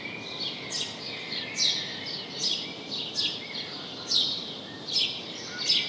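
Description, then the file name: House sparrow chirps, several clear notes at fairly even spacing, with faint background hiss. "Passer domesticus"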